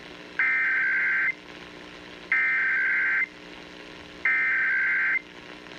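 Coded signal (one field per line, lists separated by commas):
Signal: Emergency Alert System (SAME) tones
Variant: header bursts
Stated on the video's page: Broadcast National Periodic Test heard on AM 740.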